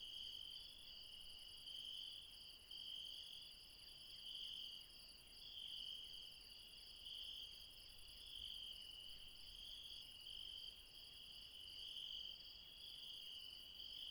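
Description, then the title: Insects keep up a continuous high trilling chorus, the loudness swelling and easing in slow waves. Late night, mountains, Refuge Krevatia, Barbala, Dion, Greece. "Refuge Krevatia, Μπαρμπαλά, Dion 601 00, Greece - Late night mountain insects"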